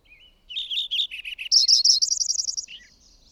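Bird song: a thin opening note, descending repeated notes, a rapid high trill and a drooping end note, then a faint high trill trailing off.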